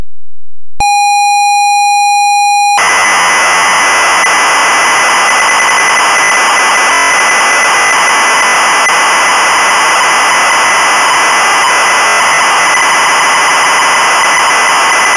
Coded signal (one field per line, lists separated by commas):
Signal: ZX Spectrum tape loading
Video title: Lord of the Rings Game One [SIDE A] (1985) - Sinclair ZX Spectrum (Full Tape Rip / Cassette Load)